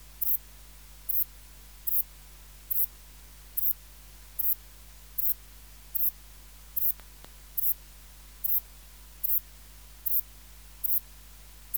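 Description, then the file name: Ephippiger cruciger bush-cricket giving many evenly spaced high, scratchy chirps, with a single faint click midway and a low hum throughout. "Ephippiger cruciger"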